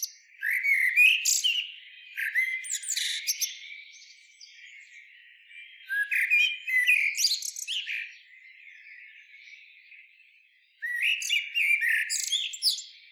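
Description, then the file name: Common blackbird: three separate bursts of song, roughly five seconds apart, with high, scratchy twitters. "Turdus merula"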